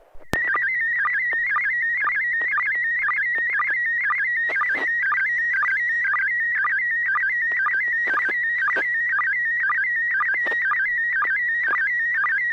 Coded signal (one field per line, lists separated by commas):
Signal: SSTV (slow-scan television)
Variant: PD 120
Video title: N6NA SSTV Net - 12/15/2021